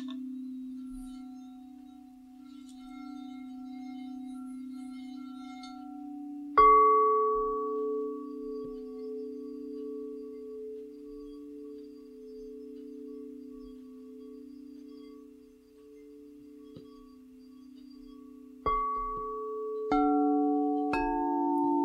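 A singing bowl rings out in a sound bath, its low hum sustaining and slowly fading from the start. Around seven seconds a second bowl is struck with a clear bright attack, then more strikes follow near nineteen, twenty and twenty-one seconds, layering overlapping tones.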